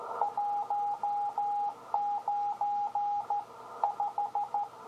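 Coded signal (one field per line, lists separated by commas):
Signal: Morse code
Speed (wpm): 14 wpm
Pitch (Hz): 820 Hz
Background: radio noise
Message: 19 5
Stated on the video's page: Signal from a homebuilt 20 m Hartley oscillator.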